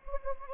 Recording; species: mosquito wingbeat signal from an infrared sensor; Anopheles gambiae